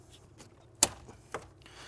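On a 2018-2024 Volkswagen Tiguan 2.0T (MQB), the upper coolant hose's plastic quick-connect fitting is pushed onto the radiator outlet neck during a radiator replacement. A sharp click at 0.8 s marks it seating, followed by a softer tap at 1.3 s and faint handling noise. The fitting is clipped on and confirmed seated, then wiggled to check that it won't come off.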